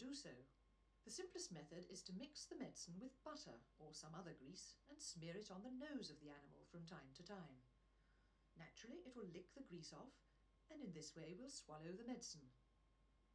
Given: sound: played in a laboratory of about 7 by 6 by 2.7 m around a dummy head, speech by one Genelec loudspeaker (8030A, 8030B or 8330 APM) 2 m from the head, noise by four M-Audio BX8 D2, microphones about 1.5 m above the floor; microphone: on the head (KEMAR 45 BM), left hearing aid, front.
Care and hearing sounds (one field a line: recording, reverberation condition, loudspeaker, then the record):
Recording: female speech in English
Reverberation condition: low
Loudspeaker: 150 degrees to the left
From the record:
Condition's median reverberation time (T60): about 310 ms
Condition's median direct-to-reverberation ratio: about 3.5 dB